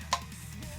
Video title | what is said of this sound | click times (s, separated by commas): Retro Review: Transformers Victory Leo! | there's another tab here on the legs right here on this side that allows this to flip up and that locks into place. | 0.1 s